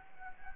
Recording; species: mosquito wingbeat signal from an infrared sensor; Anopheles gambiae